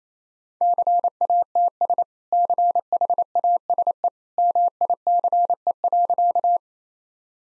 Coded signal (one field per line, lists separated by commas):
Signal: Morse code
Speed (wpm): 27 wpm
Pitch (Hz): 700 Hz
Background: none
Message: CATS CHASE MICE.